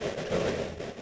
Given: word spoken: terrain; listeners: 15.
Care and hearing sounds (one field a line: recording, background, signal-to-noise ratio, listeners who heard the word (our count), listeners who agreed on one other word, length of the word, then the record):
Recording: one English word in noise, from a listening test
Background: noise modulated by three-talker babble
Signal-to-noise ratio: -6.3 dB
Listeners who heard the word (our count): 0 of 15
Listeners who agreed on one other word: 8 of 15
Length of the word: 0.62 s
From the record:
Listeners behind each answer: 8, 2, 1, 1, 1, 1, 1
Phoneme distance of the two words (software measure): 34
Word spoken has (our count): 2 syllables, 5 phonemes, stress on syllable 2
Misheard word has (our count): 1 syllable, 3 phonemes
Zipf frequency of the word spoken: 3.70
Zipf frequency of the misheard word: 6.35